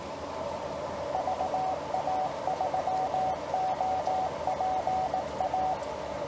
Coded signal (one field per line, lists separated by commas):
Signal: Morse code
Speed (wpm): 19 wpm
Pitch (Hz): 720 Hz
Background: radio noise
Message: VA3OPA